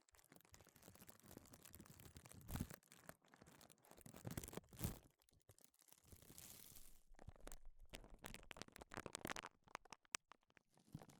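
Gloves rustle and crinkle in dense, uneven bursts of handling noise, with louder rubbing swells near three and five seconds and a sharp snap around ten.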